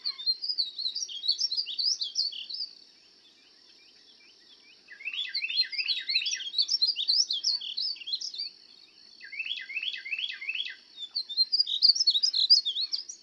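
Painted Bunting song: rapid, sweet, warbled phrases of high chirpy notes, in bursts of two to four seconds with short pauses between, over a steady high tone.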